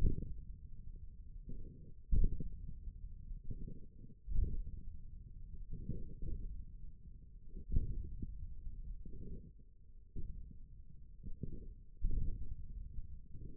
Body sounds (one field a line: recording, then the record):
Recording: forearm muscle sounds (acoustic myography)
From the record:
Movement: hook grip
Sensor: system 1, eight BSWA MPA416 microphones around the upper forearm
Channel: 7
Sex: male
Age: 28 years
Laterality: right